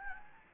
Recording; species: mosquito wingbeat signal from an infrared sensor; Anopheles gambiae